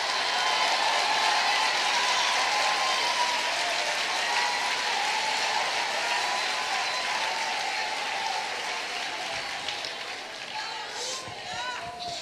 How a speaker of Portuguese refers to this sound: Aplaude, glorifica mais um pouco, que eu preciso fazer uma coisa muito feia.